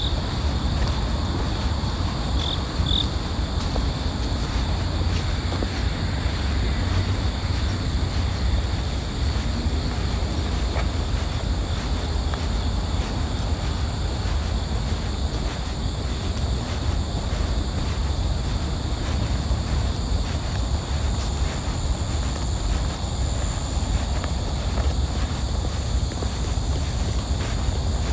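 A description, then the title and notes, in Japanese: A park on a morning walk, with a steady low rumble of traffic underneath throughout. Insects keep up a constant high, thin drone in two bright bands, and a couple of brief chirps come near the start. The level stays even the whole time. 公園の朝散歩。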